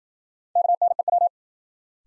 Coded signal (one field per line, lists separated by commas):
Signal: Morse code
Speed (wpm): 53 wpm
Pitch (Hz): 700 Hz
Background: none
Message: KNEW